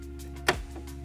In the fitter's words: if you hear that snap I'll do it again pull it down snap